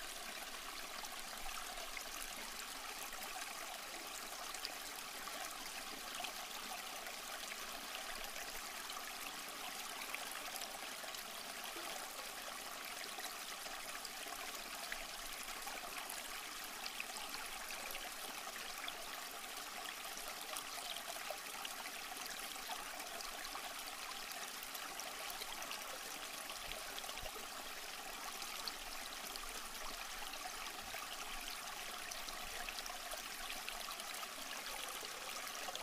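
A waterfall pours in a steady, dense rush that stays at the same level for the whole stretch. The sound leans bright and hissy, with little deep rumble, and no separate events break through the constant wash of falling water.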